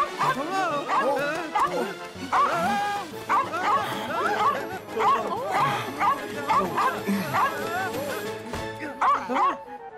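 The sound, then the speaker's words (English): A small lost dog yaps in rapid, high-pitched bursts with whiny, whimpering cries between them, the excited barking carrying on loudly and almost without pause for the whole stretch. “he's scared of dogs. It doesn't look very dangerous.”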